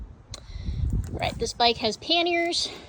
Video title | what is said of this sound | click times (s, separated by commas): BMW R1200GS adventure motorcycle for rent in San Diego overview | listen for a satisfying click to make sure it's in there | 0.3 s